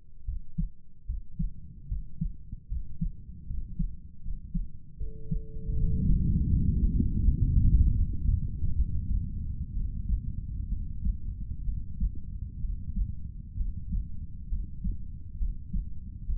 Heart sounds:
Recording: heart sounds by stethoscope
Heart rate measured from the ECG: 71 bpm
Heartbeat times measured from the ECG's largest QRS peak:
0.25 s: heartbeat
1.06 s: heartbeat
1.88 s: heartbeat
2.68 s: heartbeat
3.47 s: heartbeat
4.22 s: heartbeat
4.98 s: heartbeat
5.74 s: heartbeat
6.48 s: heartbeat
7.20 s: heartbeat
7.93 s: heartbeat
8.75 s: heartbeat
9.74 s: heartbeat
10.69 s: heartbeat
11.65 s: heartbeat
12.61 s: heartbeat
13.57 s: heartbeat
14.49 s: heartbeat
15.38 s: heartbeat
16.26 s: heartbeat
From the record:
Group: healthy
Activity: rest 0-5 s, breath hold 5-16 s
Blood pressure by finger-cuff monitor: 119/66 mmHg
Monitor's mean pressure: 82 mmHg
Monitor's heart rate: 73 bpm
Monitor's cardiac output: 7.4 L/min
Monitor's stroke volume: 99 mL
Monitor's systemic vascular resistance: 800 dyn s/cm5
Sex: male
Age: 35 years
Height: 180 cm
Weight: 86.9 kg

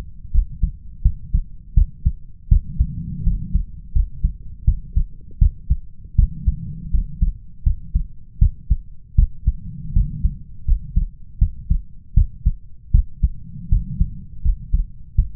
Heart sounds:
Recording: heart sounds by stethoscope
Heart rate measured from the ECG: 81 bpm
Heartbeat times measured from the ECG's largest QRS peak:
0.31 s: heartbeat
1.02 s: heartbeat
1.74 s: heartbeat
2.48 s: heartbeat
3.23 s: heartbeat
3.92 s: heartbeat
4.64 s: heartbeat
5.38 s: heartbeat
6.15 s: heartbeat
6.90 s: heartbeat
7.63 s: heartbeat
8.38 s: heartbeat
9.15 s: heartbeat
9.93 s: heartbeat
10.65 s: heartbeat
11.38 s: heartbeat
12.14 s: heartbeat
12.91 s: heartbeat
13.69 s: heartbeat
14.42 s: heartbeat
15.15 s: heartbeat
From the record:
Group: healthy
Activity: rest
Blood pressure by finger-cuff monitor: 123/92 mmHg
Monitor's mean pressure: 101 mmHg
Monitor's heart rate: 81 bpm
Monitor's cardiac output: 5.7 L/min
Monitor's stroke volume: 71 mL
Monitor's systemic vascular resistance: 1320 dyn s/cm5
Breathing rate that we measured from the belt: 17 breaths a minute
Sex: male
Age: 21 years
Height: 180 cm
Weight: 67.5 kg

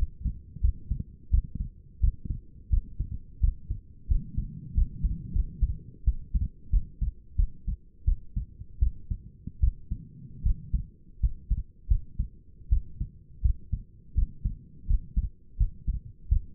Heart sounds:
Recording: heart sounds by stethoscope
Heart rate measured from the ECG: 84 bpm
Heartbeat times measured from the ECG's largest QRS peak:
0.61 s: heartbeat
1.31 s: heartbeat
2.01 s: heartbeat
2.70 s: heartbeat
3.41 s: heartbeat
4.08 s: heartbeat
4.75 s: heartbeat
5.33 s: heartbeat
6.05 s: heartbeat
6.71 s: heartbeat
7.36 s: heartbeat
8.05 s: heartbeat
8.80 s: heartbeat
9.60 s: heartbeat
10.43 s: heartbeat
11.21 s: heartbeat
11.88 s: heartbeat
12.70 s: heartbeat
13.42 s: heartbeat
14.15 s: heartbeat
14.87 s: heartbeat
15.58 s: heartbeat
16.29 s: heartbeat
From the record:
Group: healthy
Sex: female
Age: 37 years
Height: 168 cm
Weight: 70 kg

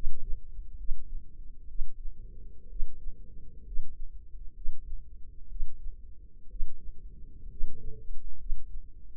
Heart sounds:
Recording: heart sounds by microphone in the left ear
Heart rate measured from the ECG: 63 bpm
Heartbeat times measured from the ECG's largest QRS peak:
0.76 s: heartbeat
1.66 s: heartbeat
2.67 s: heartbeat
3.63 s: heartbeat
4.53 s: heartbeat
5.47 s: heartbeat
6.47 s: heartbeat
7.48 s: heartbeat
8.37 s: heartbeat
From the record:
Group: healthy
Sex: female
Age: 36 years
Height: 163 cm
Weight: 88 kg

